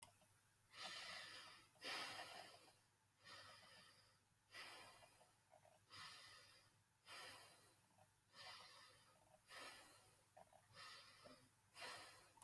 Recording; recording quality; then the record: deep breathing; excellent, no background noise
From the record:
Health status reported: healthy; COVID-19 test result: negative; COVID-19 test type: RT-PCR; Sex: male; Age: 20 years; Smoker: no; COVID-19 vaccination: both doses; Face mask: worn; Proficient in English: yes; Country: India